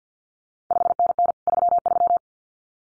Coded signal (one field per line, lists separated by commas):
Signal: Morse code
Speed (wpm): 50 wpm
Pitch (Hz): 700 Hz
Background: none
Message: 5NN 33